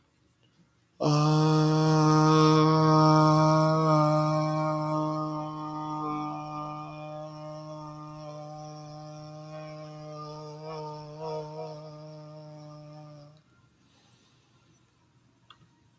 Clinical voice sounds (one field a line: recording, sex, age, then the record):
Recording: vowel held as long as possible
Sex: male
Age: 30 to 39 years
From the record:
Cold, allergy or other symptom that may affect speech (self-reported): no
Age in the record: 32 years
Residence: California, United States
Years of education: 16